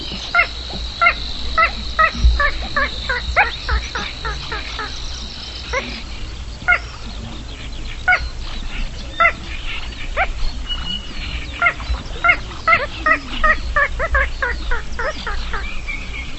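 Bird calls, short harmonic notes repeated rapidly in bursts, with a steady high whine through the first six seconds and low background rumble.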